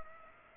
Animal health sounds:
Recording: mosquito wingbeat signal from an infrared sensor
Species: Culex pipiens

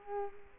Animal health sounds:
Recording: mosquito wingbeat signal from an infrared sensor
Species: Culex quinquefasciatus

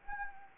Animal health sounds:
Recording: mosquito wingbeat signal from an infrared sensor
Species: Anopheles gambiae

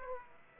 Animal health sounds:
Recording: mosquito wingbeat signal from an infrared sensor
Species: Aedes aegypti

